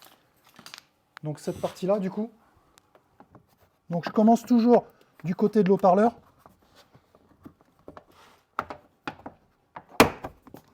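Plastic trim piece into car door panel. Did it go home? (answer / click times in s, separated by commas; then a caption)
yes / 10.0 s. Someone talks while a plastic trim piece of a Tesla car door, near the speaker grille, is handled, with light taps and rubbing sounds between the speech. The trim is pressed back into the door panel, and a sharp click at 10.0 s shows it has clipped in and seated.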